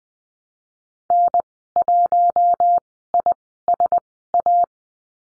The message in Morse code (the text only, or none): N1ISA